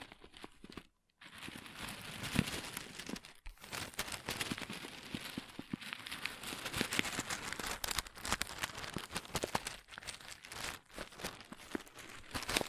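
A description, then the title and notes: Crunchy slime being squeezed makes dense, continuous crackling and crinkling pops, pausing briefly near one second and again around three and a half seconds. ASMR Satisfying Crunchy Slime (No Talking).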